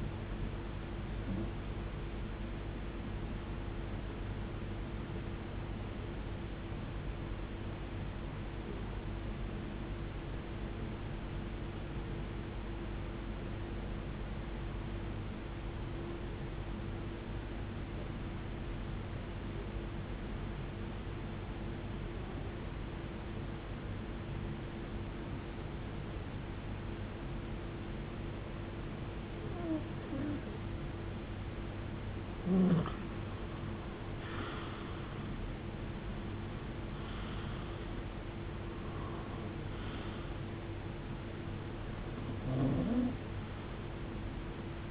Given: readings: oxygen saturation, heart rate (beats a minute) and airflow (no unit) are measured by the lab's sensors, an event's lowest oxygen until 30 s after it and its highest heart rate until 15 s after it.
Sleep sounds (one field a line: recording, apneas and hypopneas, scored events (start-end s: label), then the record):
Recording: breathing in sleep by a voice recorder at the bedside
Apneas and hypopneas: 1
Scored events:
8.00-37.30 s: hypopnea (REM, oxygen 95% highest, then 90% lowest, heart rate 60 at the start, 79 highest)
From the record:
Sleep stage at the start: REM sleep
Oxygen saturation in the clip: 90 to 96%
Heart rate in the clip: 52 to 79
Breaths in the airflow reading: 13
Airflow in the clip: -15.9 to 13.9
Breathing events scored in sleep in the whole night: 389 in 6.3 hours asleep